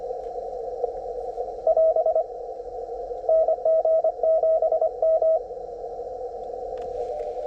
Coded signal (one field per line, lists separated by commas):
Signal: Morse code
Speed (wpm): 25 wpm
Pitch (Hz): 640 Hz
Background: radio noise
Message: <AS> NG7M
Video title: POTA from US-5967 Sept 13, 2024